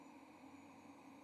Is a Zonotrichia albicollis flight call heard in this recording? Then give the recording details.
no. No flight call is heard. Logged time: 10:11 on 30 October 2014